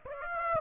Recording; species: mosquito wingbeat signal from an infrared sensor; Aedes aegypti